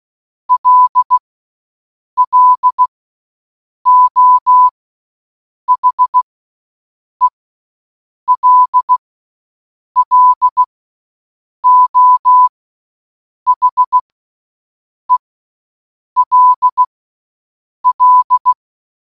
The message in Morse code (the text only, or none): L L O H E L L O H E L L